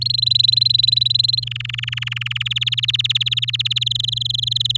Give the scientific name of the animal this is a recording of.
Serinus canaria